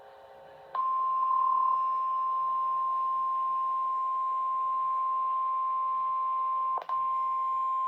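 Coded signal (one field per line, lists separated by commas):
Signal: Emergency Alert System (SAME) tones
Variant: 1050 Hz attention tone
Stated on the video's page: Real Flash Flood Warning EAS activation from the National Weather Service for Harris and south central Montgomery Counties, Texas.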